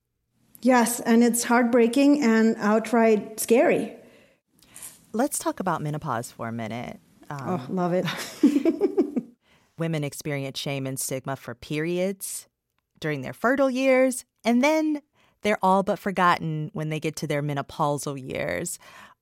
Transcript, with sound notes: Yes, and it's heartbreaking and outright scary.
Let's talk about menopause for a minute.
Oh, love it (laughter).
Women experience shame and stigma for periods during their fertile years, and then they're all but forgotten when they get to their menopausal years.